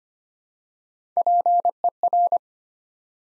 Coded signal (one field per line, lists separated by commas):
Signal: Morse code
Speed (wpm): 25 wpm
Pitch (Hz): 700 Hz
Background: none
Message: PER